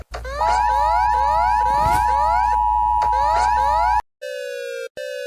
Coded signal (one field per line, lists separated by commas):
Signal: Emergency Alert System (SAME) tones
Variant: 853 and 960 Hz attention tone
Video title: all of South America eas alarms